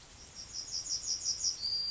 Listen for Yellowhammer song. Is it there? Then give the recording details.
yes. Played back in grassland. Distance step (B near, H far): E. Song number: 046